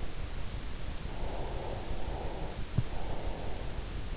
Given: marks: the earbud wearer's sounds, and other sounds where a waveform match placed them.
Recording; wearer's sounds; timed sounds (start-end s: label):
sounds in sleep by an in-ear microphone; breath
0.99-3.61 s: breath